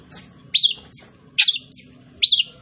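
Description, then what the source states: Oriental magpie-robin giving short whistled call notes, a thin high note followed by a louder slurred phrase, repeated about every second; faint low hum underneath. Kacer Tretes, described as gacor (singing vigorously).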